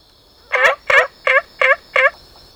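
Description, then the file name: Olive frog giving five rapid, rattling, gobble-like notes spaced about a third of a second apart over a faint constant high-pitched hum. "Rana adenopleura"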